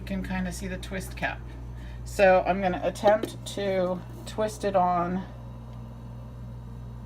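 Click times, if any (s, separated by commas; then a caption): none. A twist cap is being handled and lined up on the port of a sub-Q fluid line before being pushed home. Someone talks throughout, with a steady low hum underneath. The cap has not snapped or clicked on yet.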